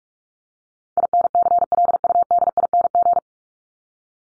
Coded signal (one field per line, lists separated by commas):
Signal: Morse code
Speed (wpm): 44 wpm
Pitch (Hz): 700 Hz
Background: none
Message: INCLUDING